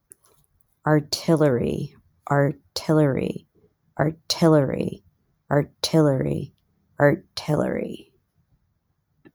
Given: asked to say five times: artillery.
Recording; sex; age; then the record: repeated word; female; 30 to 39 years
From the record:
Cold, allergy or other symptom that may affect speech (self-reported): no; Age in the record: 39 years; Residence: Texas, United States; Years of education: 16